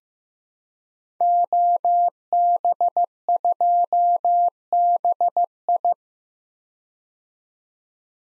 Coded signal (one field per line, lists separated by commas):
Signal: Morse code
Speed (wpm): 15 wpm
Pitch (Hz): 700 Hz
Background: none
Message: OB2BI